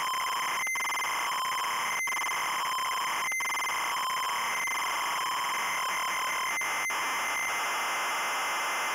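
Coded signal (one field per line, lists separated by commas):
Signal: ZX Spectrum tape loading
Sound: harsh continuous screeching buzz with harmonics and a few short gaps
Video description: -Full tape loading sequence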